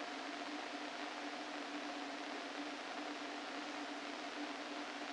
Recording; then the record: brain microelectrode recording played as sound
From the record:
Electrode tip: inside the subthalamic nucleus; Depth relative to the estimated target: 0 mm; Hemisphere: left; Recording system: NeuroSet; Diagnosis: Parkinson's disease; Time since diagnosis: 13 years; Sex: male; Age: 49 years